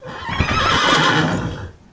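Horse whinnying, a loud shaking neigh of about a second and a half, fading out at the end.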